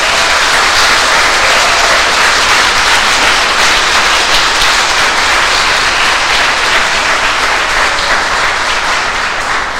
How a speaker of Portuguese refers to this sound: Uma salva de palmas para a União Espírita Cristã.